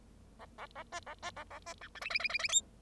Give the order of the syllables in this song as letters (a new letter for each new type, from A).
A A A B A B A A B C D E E E E E F